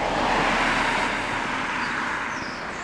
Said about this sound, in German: Kommt ein Auto, warte.